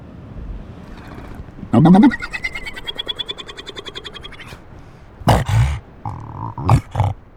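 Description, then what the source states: Seal vocalizations: a rising groan leads into a long pulsed call, followed by harsh bursts and a short steady tone. Recorded in winter at Ngawi, a remote place in New Zealand home to a big seal colony.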